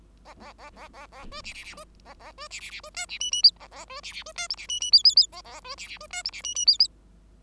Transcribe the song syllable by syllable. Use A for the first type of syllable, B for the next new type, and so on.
A A A A A A B C C C B A A B C C C B D C E E F A A B C C B D G C E E F F F A A B C C B D G C E E F F